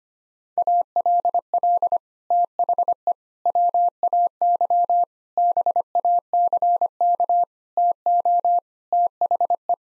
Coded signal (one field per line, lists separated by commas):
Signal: Morse code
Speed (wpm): 25 wpm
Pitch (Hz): 700 Hz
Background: none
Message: ALL THE WAY BACK TO THE